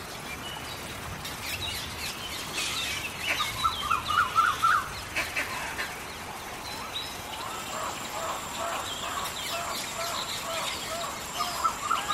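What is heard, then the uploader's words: Rain falls steadily in a forest, a dense, even hiss that fills the whole clip. Birds call over it, with a cluster of quick repeated chirps around four to five seconds and more calls later, while a thin, high, steady whine joins after seven seconds. Planet Earth Rain | Relaxing Sounds in a forest. The sound of a rainstorm and earthly lifeforms in the forest.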